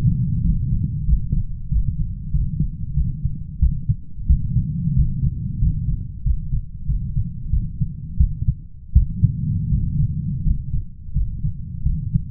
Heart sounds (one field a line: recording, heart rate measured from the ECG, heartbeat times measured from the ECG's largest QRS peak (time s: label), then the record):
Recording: heart sounds by stethoscope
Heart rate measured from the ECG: 89 bpm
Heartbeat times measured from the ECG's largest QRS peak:
0.42 s: heartbeat
1.06 s: heartbeat
1.69 s: heartbeat
2.32 s: heartbeat
2.95 s: heartbeat
3.60 s: heartbeat
4.27 s: heartbeat
4.94 s: heartbeat
5.60 s: heartbeat
6.23 s: heartbeat
6.87 s: heartbeat
7.51 s: heartbeat
8.18 s: heartbeat
8.93 s: heartbeat
9.69 s: heartbeat
10.43 s: heartbeat
11.13 s: heartbeat
11.83 s: heartbeat
From the record:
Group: healthy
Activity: rest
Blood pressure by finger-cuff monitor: 143/77 mmHg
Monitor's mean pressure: 94 mmHg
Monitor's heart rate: 91 bpm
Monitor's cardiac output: 9.6 L/min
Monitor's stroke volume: 107 mL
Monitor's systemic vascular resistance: 720 dyn s/cm5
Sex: male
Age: 23 years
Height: 178 cm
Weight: 96.6 kg